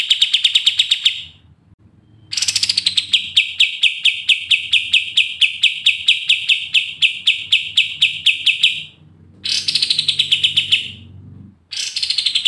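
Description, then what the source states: Pied triller giving repeated bursts of rapid, sharp trilled notes, some starting a little higher before steadying, separated by short pauses. Energetic, persistent singing (gacor ngegas) in the brenciu style, used as masteran.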